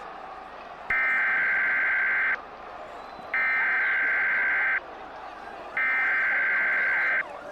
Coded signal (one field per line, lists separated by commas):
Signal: Emergency Alert System (SAME) tones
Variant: header bursts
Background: speech